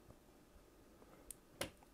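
A screwdriver goes through the access hole of a Thermalright Classic SI 100 low-profile CPU cooler and turns the mounting screw anti-clockwise to reverse-thread it into the AM4 backplate standoff. A faint tick at 1.3 s precedes a sharp, bright click at 1.6 s as the screw thread drops into the start, followed by a soft tick at 1.8 s. The screw is seated and ready to be started.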